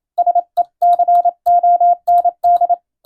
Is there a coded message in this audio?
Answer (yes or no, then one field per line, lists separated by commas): yes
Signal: Morse code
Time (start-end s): 0.2-2.7 s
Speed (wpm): 27 wpm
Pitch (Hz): 700 Hz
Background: none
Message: SECOND